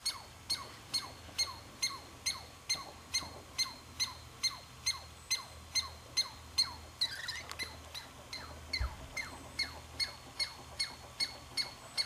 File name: Tamiasciurus douglasii